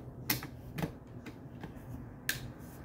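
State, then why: Seated. An unidentified part is pushed into its slot until it locks. Two sharp clicks are heard at 0.3 s and 2.3 s, with a few faint ticks in between. The part is seated and locked in the slot.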